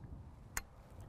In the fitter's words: feel that little click that goes into the end of the once it gets all the way over the end of the uh the air tube